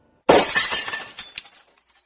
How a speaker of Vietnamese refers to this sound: Hắn ném thẳng thanh gỗ vào chậu hoa sứ gần đó, khiến chậu hoa vỡ tan.